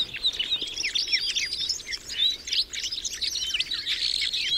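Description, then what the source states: Red crossbill calls, a dense flurry of sharp, high chirps and short upslurred notes from several birds overlapping throughout. Recorded in the Rusel area on 15 November 2014.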